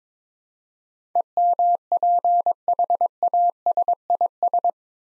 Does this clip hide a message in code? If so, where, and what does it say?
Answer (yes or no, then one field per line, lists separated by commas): yes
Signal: Morse code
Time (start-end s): 1.2-4.7 s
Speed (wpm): 22 wpm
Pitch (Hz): 700 Hz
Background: none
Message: EMPHASIS